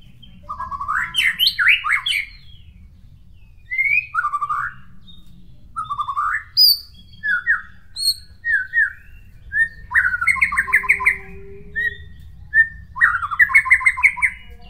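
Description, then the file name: White-rumped shama song: varied loud whistled phrases, some rising and falling, others rapid trilled bursts, separated by short pauses, with low rumbling noise underneath. From Nias. "murai batu nias"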